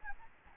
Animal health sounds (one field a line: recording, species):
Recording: mosquito wingbeat signal from an infrared sensor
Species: Aedes albopictus